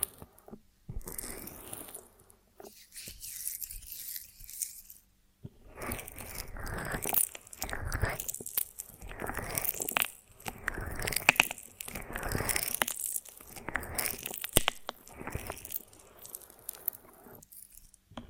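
Crisp, sticky crunching and tearing as honeycomb on a branch is bitten and chewed, in dense bursts of crackly detail. A near-silent pause follows the first couple of seconds, then the chewing resumes almost continuously until the end, with a faint low hum underneath.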